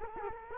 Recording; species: mosquito wingbeat signal from an infrared sensor; Culex quinquefasciatus